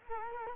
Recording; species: mosquito wingbeat signal from an infrared sensor; Culex quinquefasciatus